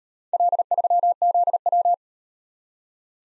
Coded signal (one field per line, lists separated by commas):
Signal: Morse code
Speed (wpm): 34 wpm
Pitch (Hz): 700 Hz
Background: none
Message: L3ZW